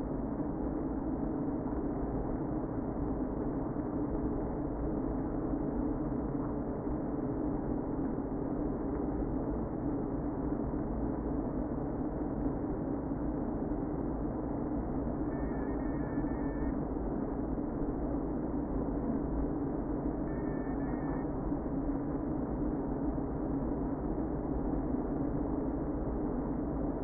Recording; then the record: honeybee colony, microphone inside the hive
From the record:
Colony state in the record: queen present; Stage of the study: before two queens were removed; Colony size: about 60,000 bees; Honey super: yes